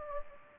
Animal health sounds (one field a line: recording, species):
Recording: mosquito wingbeat signal from an infrared sensor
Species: Anopheles gambiae